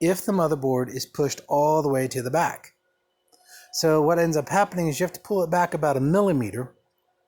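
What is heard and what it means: A NIC card is being handled for fitting into a server motherboard slot in an OEM Dell 720DX system (T-3 Google appliance), where the motherboard must be pulled back about 1 millimeter for the card to sit correctly. Someone talks throughout, with a pause around 3 s where a couple of faint brief sounds occur. Nothing has seated or clicked yet.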